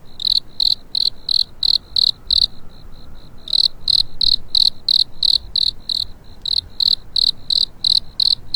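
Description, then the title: Cricket keeps up steady high chirps about three per second almost throughout, with one short lull of quieter chirps. Cricket awakening on a spring night. "春夜里苏醒的蟋蟀"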